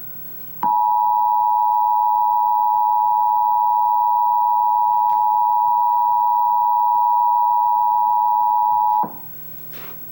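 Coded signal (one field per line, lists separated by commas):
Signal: Emergency Alert System (SAME) tones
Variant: 853 and 960 Hz attention tone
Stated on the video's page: National Periodic Test of the Emergency Alert System, as received on the uploader's own alert equipment.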